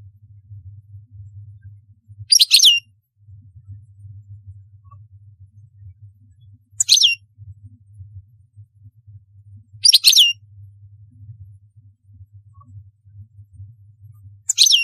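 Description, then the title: European goldfinch song in short bursts of high, rapid tinkling twitters, about four phrases spaced several seconds apart, over a steady low hum. "Chant Chardonneret"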